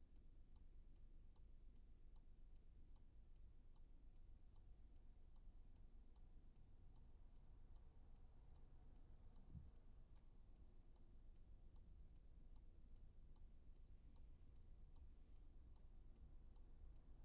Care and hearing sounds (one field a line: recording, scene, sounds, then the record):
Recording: everyday scene through a hearing-aid microphone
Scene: in a vehicle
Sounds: engine idling, traffic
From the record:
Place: Skoda Fabia, gasoline engine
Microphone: behind the ear, right, front